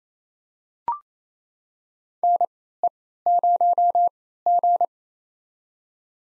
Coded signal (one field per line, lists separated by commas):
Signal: Morse code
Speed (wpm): 27 wpm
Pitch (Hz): 700 Hz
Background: none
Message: NE0G